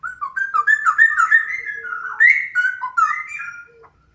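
Straw-headed bulbul song: one continuous burst of liquid, gurgling whistled notes tumbling up and down for nearly four seconds, then fading out.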